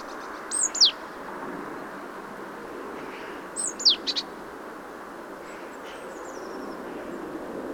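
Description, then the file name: Great tit calls: two bursts of high, sharply falling notes about three seconds apart, with fainter thin notes later against a constant hiss. "Parus major"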